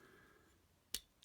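A plastic knee joint on a Transformers Cyberverse Power of the Spark Battle Class Prowl action figure is pushed all the way forward until it snaps into place. Two sharp clicks are heard, a loud one at 0.9 s and a quieter one at 1.2 s. The joint is seated.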